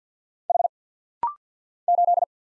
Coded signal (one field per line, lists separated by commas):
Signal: Morse code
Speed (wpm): 50 wpm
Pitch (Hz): 700 Hz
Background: none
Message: H 8